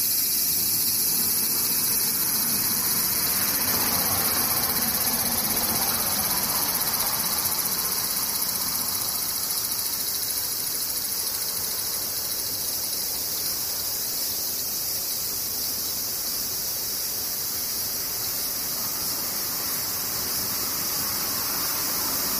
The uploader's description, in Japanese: セミ